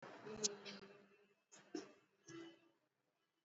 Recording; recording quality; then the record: sustained vowel as in beet; moderate, slight background noise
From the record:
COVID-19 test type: RT-PCR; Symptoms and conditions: cough, cold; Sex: female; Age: 58 years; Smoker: no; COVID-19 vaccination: both doses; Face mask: worn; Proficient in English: yes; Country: India